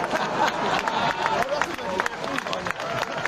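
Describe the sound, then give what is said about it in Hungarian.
A large crowd roars with cheering and scattered clapping, a dense, steady wash of many voices and hand claps that stays loud throughout, with no single voice standing out. “Elszabadult a tömeg.”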